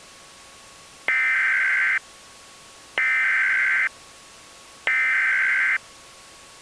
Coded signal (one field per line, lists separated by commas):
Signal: Emergency Alert System (SAME) tones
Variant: header bursts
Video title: EAS MOCK - Evil Darwin Part 5, Part 1